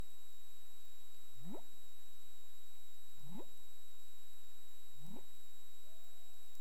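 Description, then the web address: Humpback whale upsweeps, three rising moans spaced nearly two seconds apart, followed by a brief flat tonal note near the end, against constant background hiss. Caribbean, 20 March 2035, 15:41 UTC. "CARIMAM clean data humpback whale"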